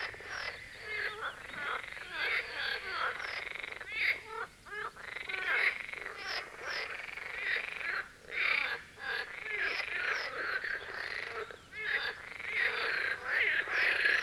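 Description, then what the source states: Marsh frog chorus, dense overlapping rattling croaks almost continuous, many frogs calling at once. Chorus at the Birkensee, Schönbuch, Germany; recorded on one of the first proper hot days of summer 2023.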